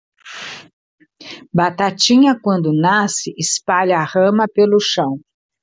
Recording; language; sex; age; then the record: short text; Brazilian Portuguese; female; 60 to 69 years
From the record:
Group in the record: control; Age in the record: 62 years